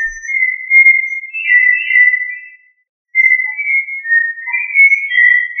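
Thrush song: clear, warbling whistled phrases in two bursts separated by a brief pause.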